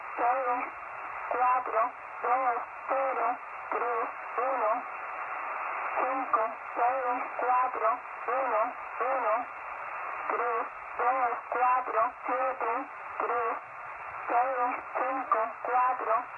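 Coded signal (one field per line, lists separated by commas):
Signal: numbers station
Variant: HM01, Spanish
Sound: a voice reading short, evenly spaced words, likely numbers, over a radio channel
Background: radio static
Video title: Numbers (Spy) Station out of Havana Cuba. HM01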